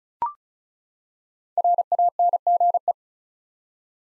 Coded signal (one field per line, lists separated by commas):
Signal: Morse code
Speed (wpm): 36 wpm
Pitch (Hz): 700 Hz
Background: none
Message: RANGE